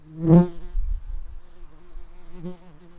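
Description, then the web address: Red-tailed bumblebee buzzing, a low droning hum with a loud surge near the start, then fading and swelling again around two and a half seconds. Workers. "Lapidarius workers"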